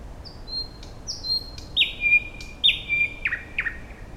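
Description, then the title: Thrush Nightingale song: high thin whistles followed by loud, rich sliding notes dropping in pitch, several strong chocking phrases in quick succession. "Nightingale (Luscinia luscinia)"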